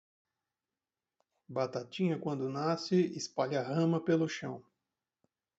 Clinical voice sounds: short text; Brazilian Portuguese; male; 30 to 39 years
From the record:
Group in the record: control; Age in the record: 35 years

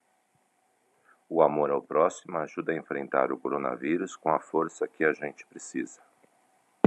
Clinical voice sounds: spoken sentence; Brazilian Portuguese; male; 50 to 59 years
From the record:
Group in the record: control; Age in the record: 56 years

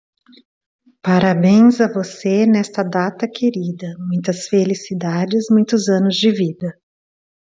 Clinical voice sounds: short text; Brazilian Portuguese; female; 50 to 59 years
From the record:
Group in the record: control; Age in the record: 51 years

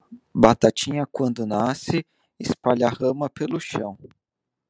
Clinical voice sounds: short text; Brazilian Portuguese; male; 30 to 39 years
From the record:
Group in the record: control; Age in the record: 33 years

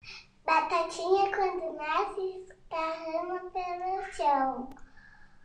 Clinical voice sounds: short text; Brazilian Portuguese; male; 30 to 39 years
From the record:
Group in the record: control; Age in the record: 39 years

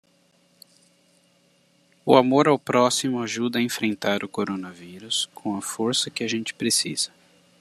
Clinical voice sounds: spoken sentence; Brazilian Portuguese; male; 40 to 49 years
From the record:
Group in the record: control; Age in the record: 41 years

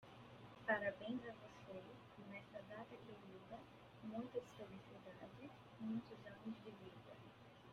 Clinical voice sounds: short text; Brazilian Portuguese; female; 30 to 39 years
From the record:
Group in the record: control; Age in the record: 30 years

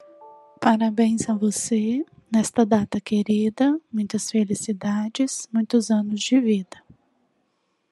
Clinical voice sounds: short text; Brazilian Portuguese; female; 40 to 49 years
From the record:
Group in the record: control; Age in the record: 40 years

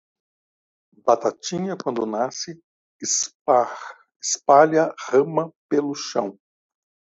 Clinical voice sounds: short text; Brazilian Portuguese; male; 60 to 69 years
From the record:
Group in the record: control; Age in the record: 65 years

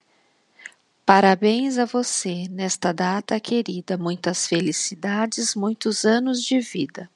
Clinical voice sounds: short text; Brazilian Portuguese; female; 50 to 59 years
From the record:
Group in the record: control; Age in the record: 51 years

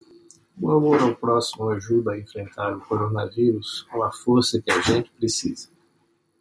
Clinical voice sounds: spoken sentence; Brazilian Portuguese; male; 60 to 69 years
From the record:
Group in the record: control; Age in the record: 65 years

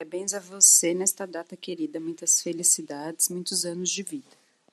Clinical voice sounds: short text; Brazilian Portuguese; female; 30 to 39 years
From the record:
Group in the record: control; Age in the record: 37 years

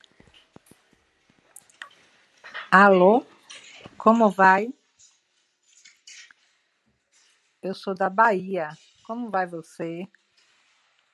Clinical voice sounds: short text; Brazilian Portuguese; female; 50 to 59 years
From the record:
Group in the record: control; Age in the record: 55 years

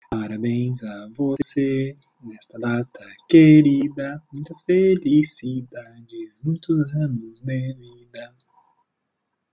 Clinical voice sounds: short text; Brazilian Portuguese; male; 30 to 39 years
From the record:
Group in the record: control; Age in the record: 36 years

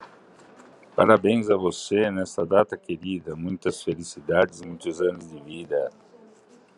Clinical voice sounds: short text; Brazilian Portuguese; male; 60 to 69 years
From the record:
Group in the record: control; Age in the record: 60 years

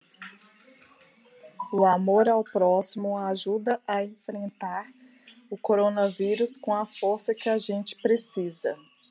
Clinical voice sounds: spoken sentence; Brazilian Portuguese; female; 40 to 49 years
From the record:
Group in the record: control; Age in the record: 41 years

